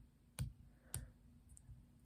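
The legs of a small plastic transforming robot figure are folded into the figure's body while it is transformed into cassette mode. Two sharp plastic clicks sound at 0.4 s and 0.9 s, followed by a fainter tick near 1.6 s over a quiet background. The legs click into their folded position, completing the cassette.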